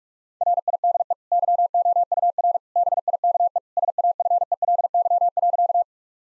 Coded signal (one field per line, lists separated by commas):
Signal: Morse code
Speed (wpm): 46 wpm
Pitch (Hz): 700 Hz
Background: none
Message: RIDE YOUR BIKE SAFELY.